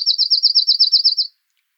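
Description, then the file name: Eurasian wren giving a loud, even, rapid trill of high pulses lasting just over a second, then silence. "Troglodytes troglodytes"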